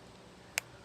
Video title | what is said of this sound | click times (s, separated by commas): Quick live... Quick Tip + JUICEBOX recap | you hear it snap shut so you're good to go | 0.6 s